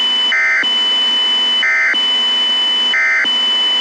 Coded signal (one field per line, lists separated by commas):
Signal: Emergency Alert System (SAME) tones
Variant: end-of-message bursts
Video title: EAS: Countryballs Redux - Part 1